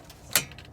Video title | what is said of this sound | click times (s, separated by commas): Chevy Condenser Replacement | you hear them snap you | 0.4 s